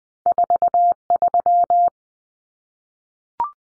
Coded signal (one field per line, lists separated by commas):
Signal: Morse code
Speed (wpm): 20 wpm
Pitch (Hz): 700 Hz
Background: none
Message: 43